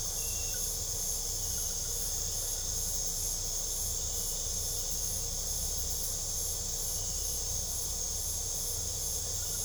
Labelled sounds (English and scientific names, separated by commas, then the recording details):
none
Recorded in pastures near Puerto Asís, Putumayo, Colombia, on 26 December 2024 at 21:00
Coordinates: 0.497, -76.327
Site G088